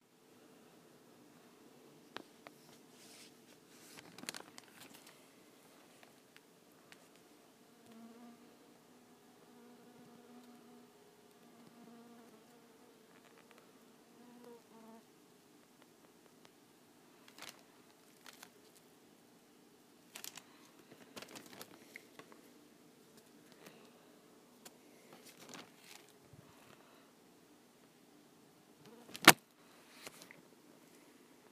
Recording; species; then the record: mosquito flight sound by mobile phone; Culiseta incidens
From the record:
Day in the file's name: 2